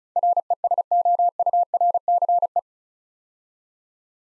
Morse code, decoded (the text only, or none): RESOURCE